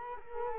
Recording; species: mosquito wingbeat signal from an infrared sensor; Culex quinquefasciatus